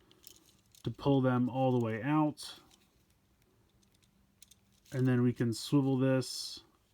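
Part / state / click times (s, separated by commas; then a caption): plastic swivel leg section locking into a transforming robot toy / not seated / none. Someone talks while handling the plastic swivel leg section of a Shokugan Modeling Project GaoKing transforming robot toy, with faint small ticks of plastic handling between the words. The leg section has not yet been swivelled down, and nothing has seated or clicked yet by the end.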